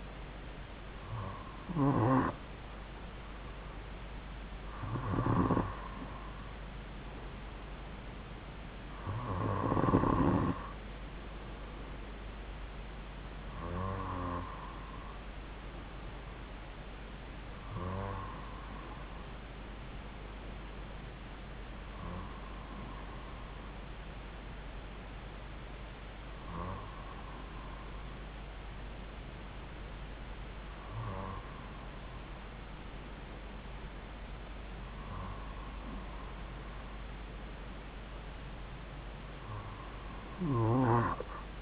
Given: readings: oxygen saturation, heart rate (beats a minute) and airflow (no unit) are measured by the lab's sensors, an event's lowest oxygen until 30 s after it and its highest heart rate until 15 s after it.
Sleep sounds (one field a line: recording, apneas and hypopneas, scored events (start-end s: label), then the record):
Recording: breathing in sleep by a voice recorder at the bedside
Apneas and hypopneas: none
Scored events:
none scored
From the record:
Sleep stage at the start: N2 (light sleep)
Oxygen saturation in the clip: 93 to 95%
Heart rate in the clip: 52 to 57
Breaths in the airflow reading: 10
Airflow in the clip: -2.5 to 2.5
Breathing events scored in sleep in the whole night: 270 in 6.1 hours asleep